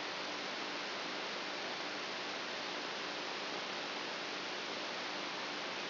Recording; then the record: brain microelectrode recording played as sound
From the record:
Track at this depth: outside the subthalamic nucleus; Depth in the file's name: 7.24 mm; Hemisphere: right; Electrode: 2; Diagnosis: Parkinson's disease